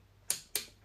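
A torque wrench tightening the big end cap nuts on a connecting rod of a Honda ST1100 Pan European engine being rebuilt clicks twice, at 0.3 s and 0.55 s, each a sharp, bright click that rings briefly over a quiet background. The clicks confirm the nuts have reached torque, set to 26 pounds.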